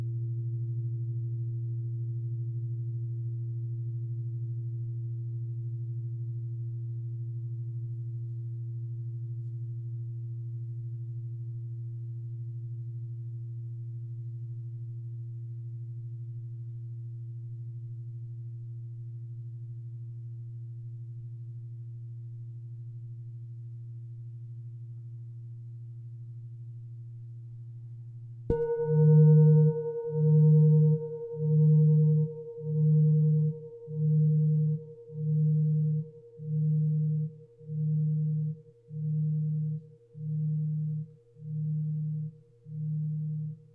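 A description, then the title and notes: A singing bowl hums with a low, steady tone that slowly fades over the first half minute. At about 28 seconds it is struck again, ringing brighter, and a regular pulsing wobble sets in, beating roughly once a second until the end. Singing bowl sound.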